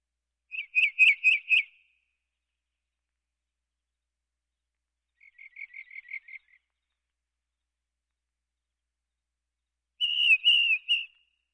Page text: House Wren. Quick Sounds